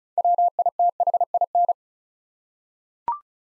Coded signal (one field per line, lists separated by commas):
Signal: Morse code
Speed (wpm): 36 wpm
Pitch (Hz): 700 Hz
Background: none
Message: WITHIN